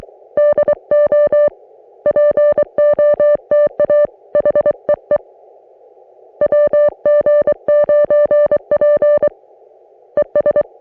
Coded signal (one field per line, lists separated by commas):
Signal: Morse code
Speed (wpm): 23 wpm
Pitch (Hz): 590 Hz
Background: music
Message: DO POTA HEE WG9P ES